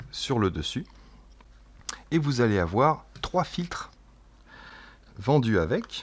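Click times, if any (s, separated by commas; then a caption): 1.9 s. A small plastic filter adapter is clipped onto the top of an LED video flash and seats with a sharp click at 1.9 s, preceded by faint ticks. Someone talks before and after.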